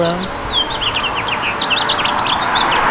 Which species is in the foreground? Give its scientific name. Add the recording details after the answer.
Haemorhous mexicanus. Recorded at Bridgehampton on Long Island, New York, on 22 June 2013. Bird G